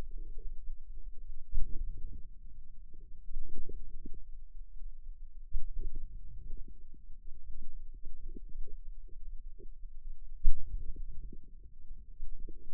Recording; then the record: forearm muscle sounds (acoustic myography)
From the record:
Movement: outward rotation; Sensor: system 2, bracelet of six BSWA MPA416 microphones around the upper forearm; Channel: 1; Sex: female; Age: 22 years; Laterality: right